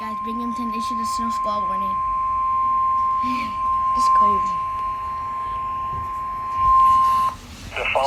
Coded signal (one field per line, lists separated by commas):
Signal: Emergency Alert System (SAME) tones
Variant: 1050 Hz attention tone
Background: speech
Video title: Snow Squall Warning On Station WXL38 (Binghamton, NY) EAS #145